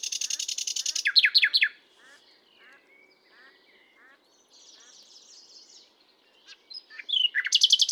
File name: Luscinia megarhynchos